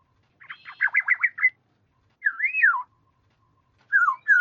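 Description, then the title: Black-naped oriole song: a quick chattering burst of notes, then a liquid whistle that rises and falls, and two more descending whistled notes. "Kepodang"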